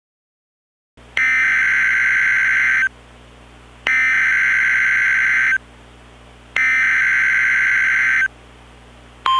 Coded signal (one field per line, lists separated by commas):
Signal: Emergency Alert System (SAME) tones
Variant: header bursts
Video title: EAS Scenario: Bacillus Cereus contamination (30 Subscriber and Easter Special)